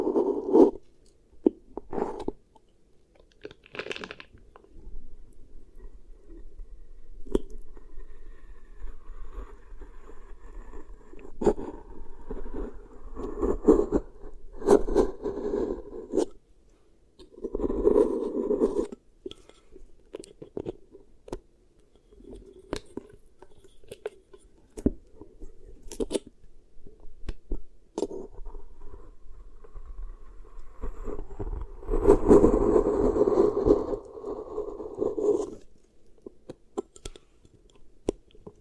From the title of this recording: Really Nice Beeswax Ear Triggers